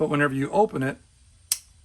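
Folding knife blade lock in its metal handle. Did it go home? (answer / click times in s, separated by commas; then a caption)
yes / 1.5 s. Someone talks, then a folding knife blade is flicked open and its lock snaps into place in its metal handle with a single sharp click at 1.5 s. The blade is confirmed locked open, so it won't fold unless the lanyard is pulled, which keeps it from closing on the hand by accident.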